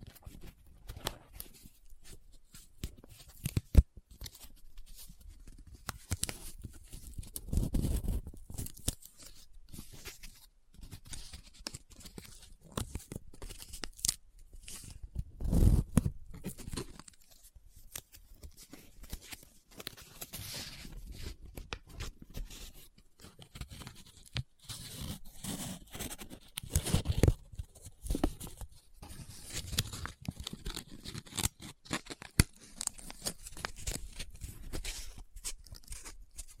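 Paper being folded, rubbed and crinkled close up, an irregular run of dry scratchy rustles with sharper crackling bursts near 4, 16 and 27 seconds.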